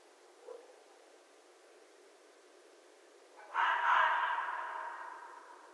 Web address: Red Fox 2012 01 11 Red Fox long